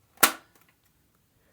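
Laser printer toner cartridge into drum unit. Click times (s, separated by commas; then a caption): 0.2 s. A new toner cartridge for a Brother MFC-L2900DW laser printer is pushed into the drum unit in the same position as the old one. It snaps into place with a sharp, loud click at 0.2 s, followed by two faint small clicks, and it is seated.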